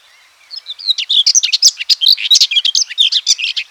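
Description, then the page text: Common whitethroat song, one brisk scratchy phrase of rapid jumbled notes lasting about three seconds, opening with a few soft thin notes. "Common Whitethroat Song. Quick Sounds"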